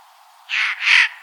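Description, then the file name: Eurasian jay with a harsh two-part rasping screech, the second part slightly louder. "Garrulus glandarius"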